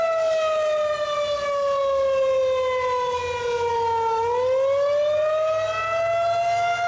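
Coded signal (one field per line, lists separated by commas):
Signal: siren signal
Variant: attack signal, wavering tone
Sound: loud mechanical siren wail whose pitch sinks slowly and then climbs again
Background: outdoor ambience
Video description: Today, however, the county sent out the tones for alert first, and after two minutes toned out the 2 minute attack cycle.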